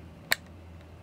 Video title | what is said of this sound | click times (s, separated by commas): Adding SATA Ports to a PC | you can actually hear the snap of it when I lock it in place. | 0.3 s